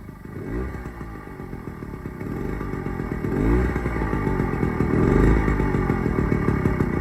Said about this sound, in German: Also, zuerst das Moped.